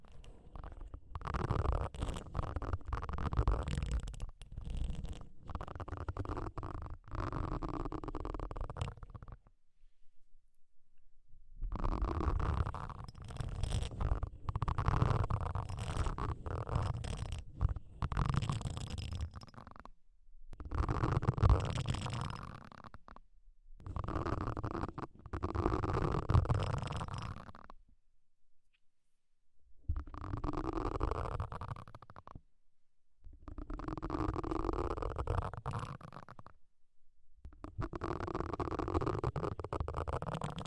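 Deep ear cleaning sounds: muffled, gurgling rubs and scratches pressed right against the ear, heavy in the low end with a wet, rumbling texture. They come in long bursts of several seconds, separated by brief silent gaps around 10, 20 and 28 seconds.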